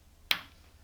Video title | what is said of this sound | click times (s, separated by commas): Nylon Flat Sail Slugs - Installing | then once it's placed over the grommet then just simply apply pressure until it snaps | 0.3 s